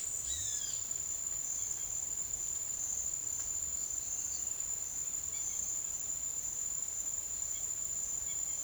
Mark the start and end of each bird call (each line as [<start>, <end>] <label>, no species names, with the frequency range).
[0.22, 0.81] bird call (1.2-6.1 kHz)
[4.01, 4.67] bird call (2.2-3.4 kHz)
[5.18, 8.63] bird call (1.6-4.7 kHz)